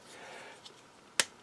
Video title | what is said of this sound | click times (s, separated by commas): Cangtoys Thormini 05 Review | there we go yep because it locks in place so it locks the knee in | 1.2 s